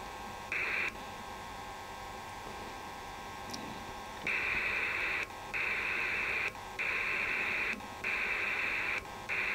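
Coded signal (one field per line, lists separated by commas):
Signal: HF data modem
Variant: PACTOR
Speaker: now you'll see the roll switch and I'll start sending my message out to that station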